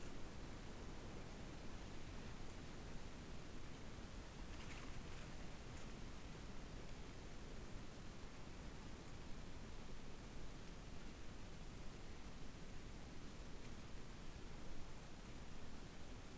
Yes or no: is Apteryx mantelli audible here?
no